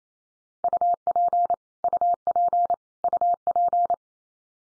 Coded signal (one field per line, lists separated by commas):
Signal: Morse code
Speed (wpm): 28 wpm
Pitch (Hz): 700 Hz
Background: none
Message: UP UP UP